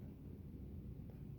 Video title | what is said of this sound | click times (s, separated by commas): E-flite - F-16 Thunderbirds - 70mm - Flapperons W/O Programming Cable | I didn't hear the click didn't | none